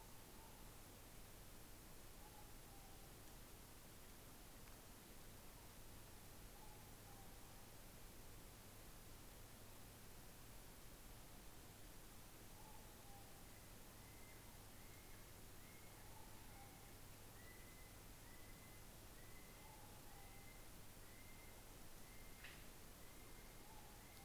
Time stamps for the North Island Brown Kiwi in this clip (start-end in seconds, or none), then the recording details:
13.24-24.25. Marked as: faintness 3/5. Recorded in New Zealand on 17 November 2013. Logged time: 03:42. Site BS16